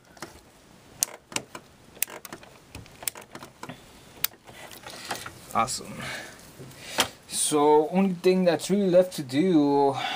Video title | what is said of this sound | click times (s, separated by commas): CIS Installation for Canon 225/226 Cartridges Tutorial | make sure it locks in place | 1.0 s, 2.0 s, 3.1 s, 4.2 s